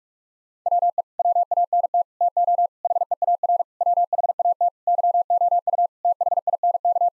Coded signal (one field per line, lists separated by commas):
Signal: Morse code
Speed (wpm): 46 wpm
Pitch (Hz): 700 Hz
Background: none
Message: WE WANT TO HEAR WHAT YOU THINK